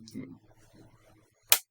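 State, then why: Released. Someone talks quietly while prying a plastic cover or bezel clip off the chassis of a Dell Vostro 3560 laptop with a flat head after several tries. A sharp, loud snap rings out at 1.5 s as the clip pops free and the part is released.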